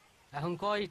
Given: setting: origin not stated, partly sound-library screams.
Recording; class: one-second piece from a danger detection set; normal situation